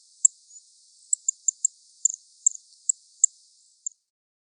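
Cedar waxwing calls: very high, thin, sibilant notes, many short ones scattered irregularly over about four seconds, with a near-silent background.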